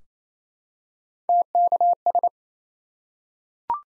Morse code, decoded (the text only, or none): TKS